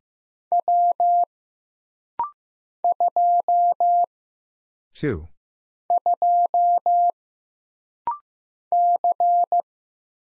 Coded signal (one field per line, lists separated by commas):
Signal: Morse code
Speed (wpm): 15 wpm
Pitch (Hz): 700 Hz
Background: none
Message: W 2 2 C